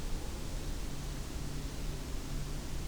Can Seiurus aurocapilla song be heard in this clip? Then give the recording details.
no. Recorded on 23 June 2016 at 07:39. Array SBT-6-76